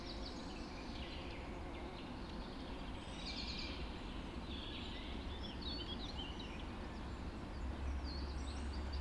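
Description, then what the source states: Birds calling at dawn, scattered high warbles and chirps from several birds over a loud low rumble. Dawn chorus recorded just after dawn in the Forest of Dean.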